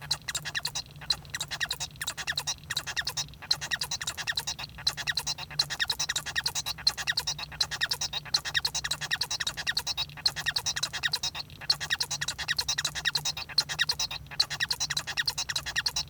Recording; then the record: song of a male Bengalese finch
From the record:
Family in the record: son of father 1